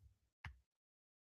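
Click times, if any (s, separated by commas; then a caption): 0.4 s. A round resin diamond painting drill is pressed with the pen into its place on the adhesive canvas. A faint low rustle gives way to a brief silence, then a sharp clink at 0.4 s rings out and fades by about 0.6 s. The drill has seated in the canvas.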